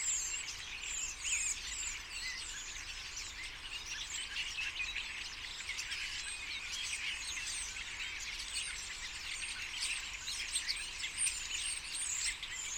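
Common starling flock giving a continuous wash of chatter, countless overlapping chirps and whistles blending into a dense, even babble.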